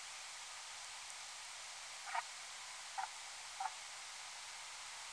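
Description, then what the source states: Brant producing three short, gruff honks in quick succession over a loud, steady hiss. At Danby on 11 October 2019 at 01:57.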